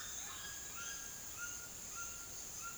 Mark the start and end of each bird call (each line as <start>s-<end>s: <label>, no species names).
0.00s-2.77s: bird call